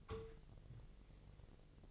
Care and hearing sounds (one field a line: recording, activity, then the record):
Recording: daily activity, microphone in the room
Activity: take from stove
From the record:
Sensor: 4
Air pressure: 1000.3 hPa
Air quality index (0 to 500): 217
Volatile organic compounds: 24 ppm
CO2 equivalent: 2801 ppm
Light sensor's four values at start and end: 9/20/8/8 and 9/20/8/8